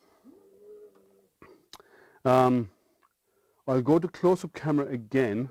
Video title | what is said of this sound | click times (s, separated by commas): Live Unboxing JGMaker Artist-D fresh from Kickstarter | Again, it locks into place, so it's nice and firm. | 1.7 s